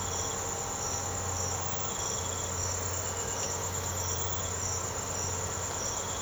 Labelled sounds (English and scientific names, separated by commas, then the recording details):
none
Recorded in secondary vegetation near Puerto Asís, Putumayo, Colombia, on 19 March 2025 at 05:30
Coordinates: 0.468, -76.324
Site G059